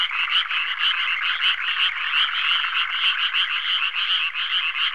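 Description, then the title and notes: Frogs calling together in a thick chorus, quick grating pulses layered over one another without a break. "NHK Sound Effects Collection - 3-Frogs. NHK効果音集 - 3-カエル"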